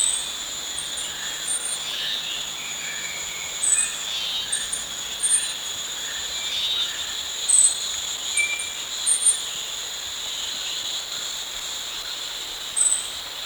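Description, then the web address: Bornean stubtail calls: brief, very high, thin notes given singly or in quick pairs at irregular intervals over a steady, dense insect chorus. Recorded at Danum on 1 March 2008. "DANUM 20080301. bornean stubtail"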